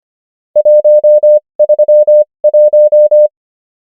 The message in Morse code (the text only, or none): 131